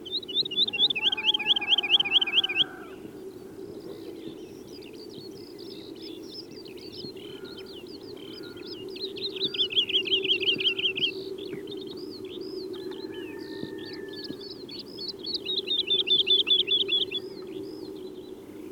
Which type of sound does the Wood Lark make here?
call